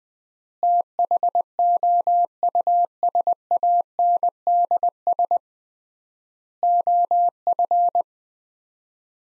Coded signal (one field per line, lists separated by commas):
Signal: Morse code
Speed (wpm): 20 wpm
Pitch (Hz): 700 Hz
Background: none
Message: THOUSANDS OF